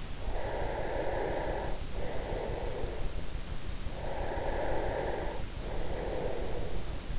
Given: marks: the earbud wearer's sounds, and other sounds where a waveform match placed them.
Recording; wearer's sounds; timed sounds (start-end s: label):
sounds in sleep by an in-ear microphone; breath
0.08-3.56 s: breath
3.81-7.19 s: breath